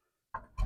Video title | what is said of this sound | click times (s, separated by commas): BEST EVER BURNOUTS IN MY 1964 C10, MY LOW BUDGET SHOP TRUCK GETS CHANGES UNDER THE HOOD ,ITS SMOKIN’ | Yep, there's the click. | 0.4 s